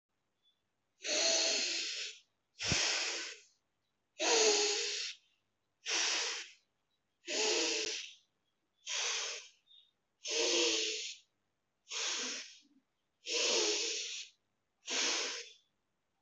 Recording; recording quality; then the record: deep breathing; excellent, no background noise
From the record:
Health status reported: healthy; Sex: male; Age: 21 years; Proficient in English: yes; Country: India